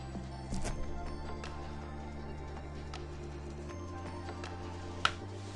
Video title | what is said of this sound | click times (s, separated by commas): Build Stream: White Keycult No. 1/65 with Brass and Alpacas | there we go i just heard a click | 5.0 s